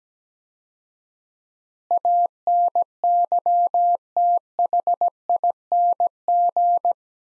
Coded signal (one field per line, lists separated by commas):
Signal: Morse code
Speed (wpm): 17 wpm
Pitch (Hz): 700 Hz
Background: none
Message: ANYTHING